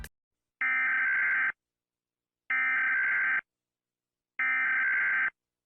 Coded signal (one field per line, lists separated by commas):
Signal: Emergency Alert System (SAME) tones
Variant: header bursts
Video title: Ranking EAS alarms (cuz why not!)